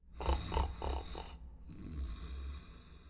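A low, rattling snore breaks into four quick pulses over about a second, then fades into a softer, steadier rasp on the next breath. The coarse vibration fits snoring from the soft tissues of the throat.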